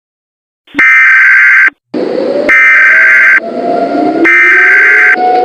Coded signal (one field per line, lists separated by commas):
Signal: Emergency Alert System (SAME) tones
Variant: header bursts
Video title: EAS Scenario: Wood REMASTERED